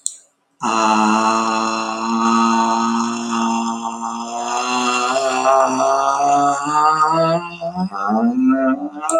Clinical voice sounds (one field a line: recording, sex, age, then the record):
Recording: vowel held as long as possible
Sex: male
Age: 20 to 29 years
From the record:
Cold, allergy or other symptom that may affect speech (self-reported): no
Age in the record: 26 years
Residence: Florida, United States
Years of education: 16